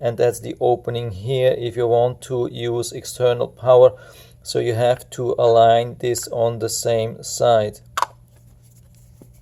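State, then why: Not seated. Someone talks while lining up the plastic back plate of a Blink XT/XT1/XT2 wireless battery security camera so its external power opening sits on the same side, before pressing it onto the camera housing to keep it watertight. After the talking stops, a brief sharp handling sound occurs near 8.0 s, followed by quiet. Nothing has seated or clicked yet.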